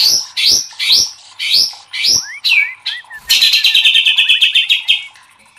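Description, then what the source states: White-rumped shama song: several loud, strident, swooping notes in steady succession, followed by a dense, rapid buzzing trill that fades out. Masteran training recording for cage birds; murai batu labaik.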